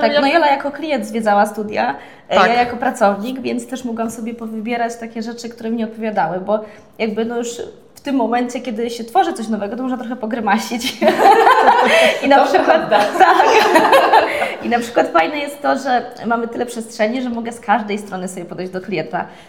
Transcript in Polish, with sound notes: No Jola jako klient zwiedzała studia, ja jako pracownik, więc też mogłam sobie powybierać takie rzeczy, które mi odpowiadały, bo jakby no już w tym momencie, kiedy się tworzy coś nowego, to można trochę pogrymasić. [śmiech] I na przykład fajne jest to, że mamy tyle przestrzeni, że mogę z każdej strony sobie podejść do klienta.